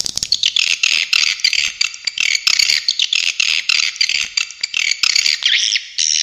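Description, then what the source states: Swiftlet chirping, a continuous high buzzy twitter broken into short pulses with clicks, closing with a few looping notes. Clean, clear calls.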